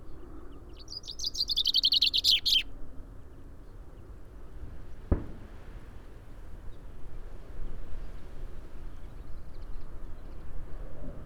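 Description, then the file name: Common chaffinch song: one fast descending trill of sharp notes near the start, then a single loud click a few seconds later, with low rumble throughout. "Fringilla coelebs"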